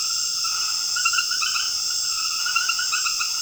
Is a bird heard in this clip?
no